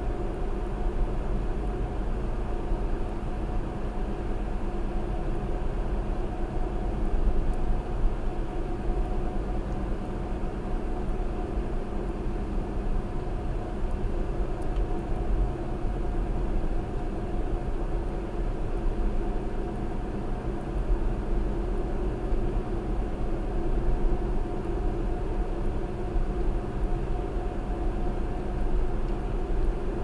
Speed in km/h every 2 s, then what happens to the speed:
69, 69, 69, 69, 71, 71, 69, 69, 69, 69, 69, 71, 69, 69, 69.
0-30 steady at about 69.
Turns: none.